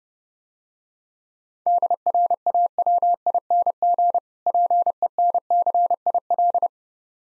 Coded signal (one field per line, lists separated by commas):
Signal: Morse code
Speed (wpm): 29 wpm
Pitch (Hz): 700 Hz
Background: none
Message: DRAWING PENCIL